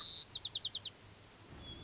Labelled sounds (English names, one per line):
White-crowned Sparrow